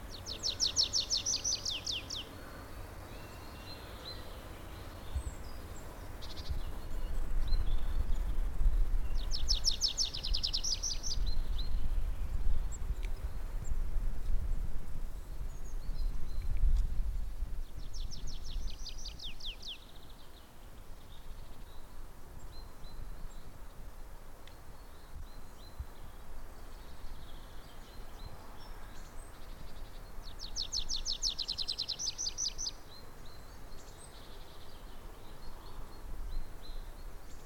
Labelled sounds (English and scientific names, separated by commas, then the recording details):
Tree Pipit (Anthus trivialis)
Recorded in the wild
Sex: male
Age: adult
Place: Kanonenberge, Berlin, DE
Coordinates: 52.42, 13.61
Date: 1989-04-29
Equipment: Uher 4400 Report Monitor, Sennheiser ME 80, K 30 AV
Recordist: Fischer, Stefan